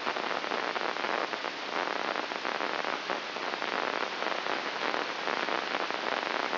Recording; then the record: brain microelectrode recording played as sound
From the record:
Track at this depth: inside the subthalamic nucleus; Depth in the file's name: 5.201 mm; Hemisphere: right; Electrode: 2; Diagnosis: Parkinson's disease